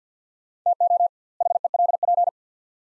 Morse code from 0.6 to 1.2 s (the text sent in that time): TO